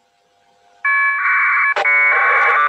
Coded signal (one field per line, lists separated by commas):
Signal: packet radio (AX.25, as in APRS)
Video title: Training: Oliver K6OLI NCS Net control LAX ARES Digital Net Voice VARA FM WINLINK PINPOINT APRS